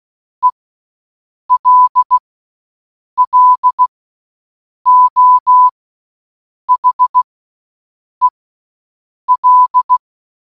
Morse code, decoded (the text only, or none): ELLO HEL